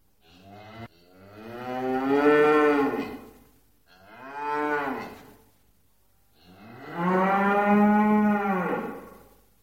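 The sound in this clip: Cow mooing three times, long low harmonic moos each rising then falling, separated by short pauses.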